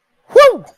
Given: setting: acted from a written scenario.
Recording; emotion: vocal sound without words; elation